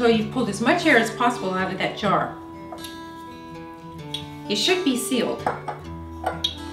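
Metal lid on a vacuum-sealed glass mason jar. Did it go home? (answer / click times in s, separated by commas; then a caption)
released / 6.5 s. A metal lid on a glass mason jar that was vacuum-sealed with a hand pump is pried open while someone talks over background music. A sharp pop of the seal releasing is heard at 6.4 seconds, confirming the jar was sealed.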